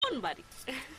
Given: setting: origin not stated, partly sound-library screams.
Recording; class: one-second piece from a danger detection set; normal situation